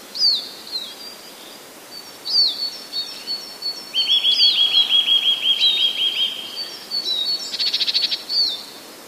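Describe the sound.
Eurasian nuthatch song: a fast, even trill of rapid notes lasting about two seconds, with sharp downslurred chirps and a brief buzzy burst around it.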